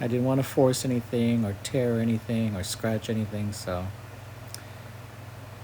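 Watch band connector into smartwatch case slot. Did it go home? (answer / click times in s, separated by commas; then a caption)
yes / 4.5 s. A Midnight Ocean band connector for the Apple Watch Ultra is eased gently into the slot on a Series 5 44mm smartwatch case while someone talks over a steady low background hum. After the talking stops, a single short, sharp click at 4.5 s marks the band seating into the case slot.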